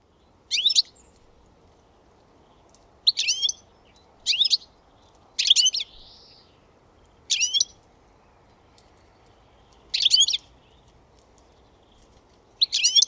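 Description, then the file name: European goldfinch calling, high liquid chirping phrases repeated about every one to three seconds, roughly seven bursts, with faint low background hiss. "Carduelis carduelis"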